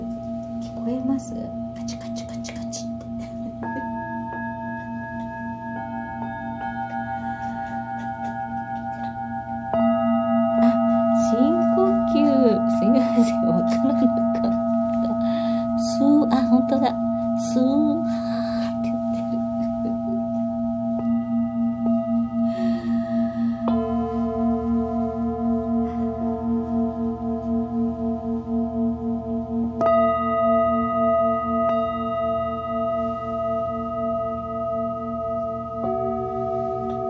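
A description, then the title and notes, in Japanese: Singing bowls ring in long, sustained tones, a steady low hum with bright overtones layered on top, new strikes adding fresh notes around 4, 10 and 24 seconds. From about 10 to 19 seconds a wavering, warbling sound rises and falls over the drone. The tones stay even throughout. メキシコから シンギングボウルのサウンドヒーリング。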